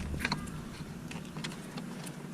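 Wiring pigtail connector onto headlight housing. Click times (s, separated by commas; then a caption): 0.2 s, 0.3 s. On a 2006-2013 Chevy Impala during a fog light bulb replacement, the wiring pigtail connector is slid onto the headlight housing and latches with two quick sharp clicks at about 0.3 s. Fainter ticks follow over a steady low hum, and the connector is seated.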